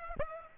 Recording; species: mosquito wingbeat signal from an infrared sensor; Aedes aegypti